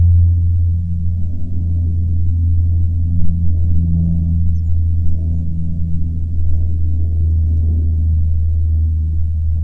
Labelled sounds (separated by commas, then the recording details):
songbird, wind, aircraft
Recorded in the Prudhoe Bay oil fields, Alaska, on 21 June 2019 at 09:43
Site 22